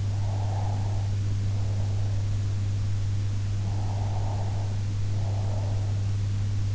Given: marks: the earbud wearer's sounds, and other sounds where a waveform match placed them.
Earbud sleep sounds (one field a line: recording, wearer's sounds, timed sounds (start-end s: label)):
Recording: sounds in sleep by an in-ear microphone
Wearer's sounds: breath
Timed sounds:
0.02-2.48 s: breath
3.51-6.28 s: breath